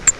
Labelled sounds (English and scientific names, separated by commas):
Grace's Warbler (Setophaga graciae) flight call